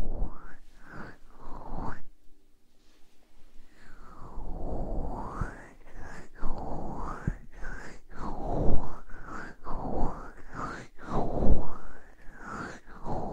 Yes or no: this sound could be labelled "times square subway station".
no